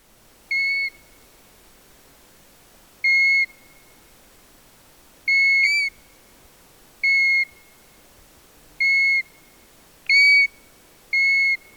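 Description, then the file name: European golden plover, a series of seven pure whistled notes, each short and mostly steady in pitch, spaced roughly one to two and a half seconds apart in quiet surroundings. "ljungpipare Pluvialis apricaria"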